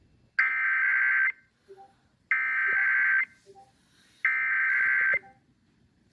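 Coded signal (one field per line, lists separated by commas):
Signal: Emergency Alert System (SAME) tones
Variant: header bursts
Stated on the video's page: Routine weekly test alerts received on FM radio and NOAA Weather Radio.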